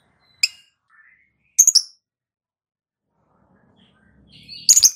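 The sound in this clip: Lovebird giving three sharp, shrill chirps, the middle one a quick double note, spaced a second or more apart with quiet between.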